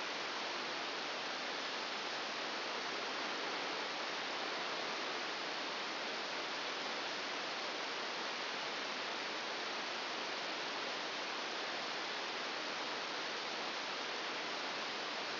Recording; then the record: brain microelectrode recording played as sound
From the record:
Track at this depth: inside the subthalamic nucleus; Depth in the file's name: 4.208 mm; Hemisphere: right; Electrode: 2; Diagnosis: Parkinson's disease